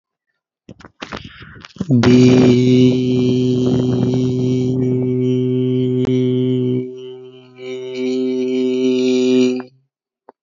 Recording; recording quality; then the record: sustained vowel as in beet; excellent, no background noise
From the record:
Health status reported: healthy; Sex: male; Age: 30 years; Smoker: yes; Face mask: not worn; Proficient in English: yes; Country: India